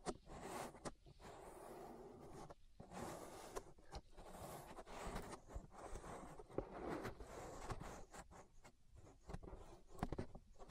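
An ASMR ear massage: dense, rustling rubbing and scraping sounds that fill the whole clip with only brief gaps, notably near 2.5 and 8.5 seconds. The friction swells and fades unevenly, with sharper bright swipes and occasional soft taps standing out.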